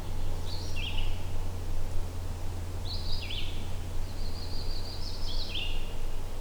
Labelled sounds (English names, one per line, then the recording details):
Red-eyed Vireo song
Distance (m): 40 m
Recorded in boreal forest in Alberta, Canada, on 21 June 2016 at 08:58
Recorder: SongMeter 3, array SBT-6-76
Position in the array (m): 190 m, 83 m